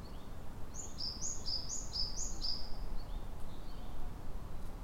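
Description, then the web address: Japanese tit calling with a run of several high, sharp two-note phrases, then softer trailing notes, over steady low background rumble. Recorded at Kotori no mori on 30 April 2018. "kotorinomori 180430 kotori sijukara 180430"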